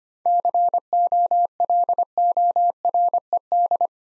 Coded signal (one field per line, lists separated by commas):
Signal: Morse code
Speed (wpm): 25 wpm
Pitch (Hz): 700 Hz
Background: none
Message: COLORED